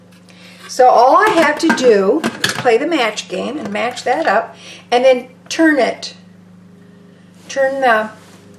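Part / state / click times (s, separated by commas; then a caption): lid into stovetop pressure cooker pot / not seated / none. A metal lid is lined up by its arrows with a stovetop pressure cooker pot and then twisted while someone talks, with faint metallic handling sounds underneath. Nothing has seated or clicked yet. The lid is handled but not yet locked into the pot.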